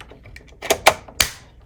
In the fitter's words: You're going to hear it click, and then you're going to take the little hatch here and just wrap it around so that clicks in place.